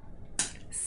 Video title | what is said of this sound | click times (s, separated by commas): Slobproof! Paint Pen Instructions | make sure you hear that snap that tells you that your paintbrush is vacuum sealed | 0.4 s